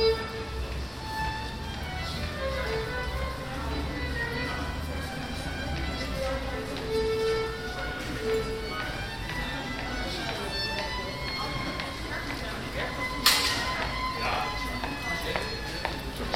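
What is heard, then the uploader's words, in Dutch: A busy passageway where pedestrians and cyclists pass, with voices talking throughout over a steady low urban rumble. Sustained bowed notes from a viola drift through the mix. Around thirteen seconds a sharp crack or snap stands out briefly. Turfmarkt (Den Haag, July 12th 2015). Pedestrians, cyclists and a violist at the Turfmarkt; a passageway between the Central Station and the city centre. Voetgangers, fietsers en een violist op de Turfmarkt, een doorgang van het Centraal Station naar het stadscentrum.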